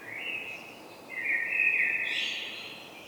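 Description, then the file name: Common blackbird giving a short fluted note, a brief pause, then a fuller warbled phrase. "Turdus merula"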